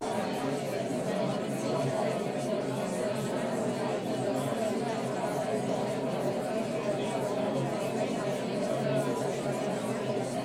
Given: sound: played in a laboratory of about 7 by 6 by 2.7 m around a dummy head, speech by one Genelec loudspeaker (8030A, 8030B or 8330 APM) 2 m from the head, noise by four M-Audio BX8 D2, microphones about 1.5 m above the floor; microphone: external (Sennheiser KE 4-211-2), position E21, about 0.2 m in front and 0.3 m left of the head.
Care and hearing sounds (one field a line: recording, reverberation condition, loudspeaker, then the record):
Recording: babble noise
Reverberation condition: low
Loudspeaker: four, about 170 cm from the corners of the room and facing them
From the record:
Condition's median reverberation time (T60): about 310 ms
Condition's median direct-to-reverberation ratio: about 3.5 dB